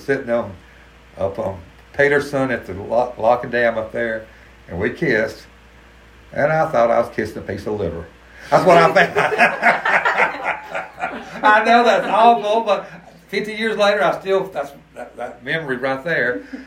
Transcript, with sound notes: We were sitting on– up on Peterson at the locked dam up there and we kissed, and I thought I was kissing a piece of liver. That’s what I thought! [laughs] I know that’s awful, but…50 years later I still– that’s– that memory right there.